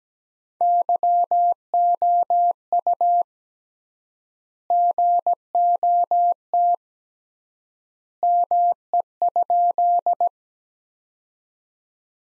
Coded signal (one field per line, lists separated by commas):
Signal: Morse code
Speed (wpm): 17 wpm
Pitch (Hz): 700 Hz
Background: none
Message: YOU GOT ME?